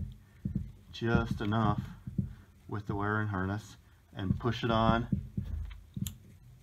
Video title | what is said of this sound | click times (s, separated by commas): Coil (CoP) Replacement; 2011 thru 2021 5.0L & 2016 thru 2022 5.2L Engines | i heard a good solid click on mine so i know that it's | 6.1 s